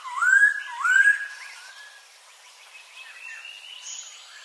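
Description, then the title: Bird song opening with two clear rising whistles, followed by softer warbling notes and faint high chirps. Several bird species singing together. "Burung Campur"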